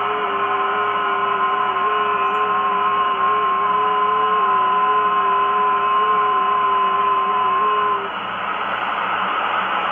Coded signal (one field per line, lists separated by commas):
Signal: FT8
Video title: Tecsun PL-330 FT8 Decoding with FT8RX Android app using telescopic antenna only